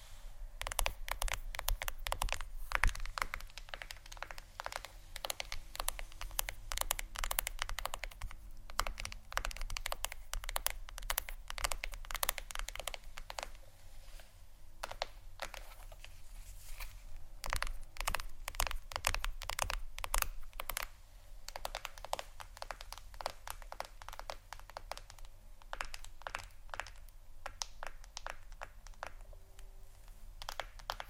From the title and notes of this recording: ASMR Phonetablet Tapping（No Talking）.